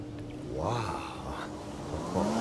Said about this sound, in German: Moment mal. Was ist? Da kommt ein Auto die Auffahrt hoch.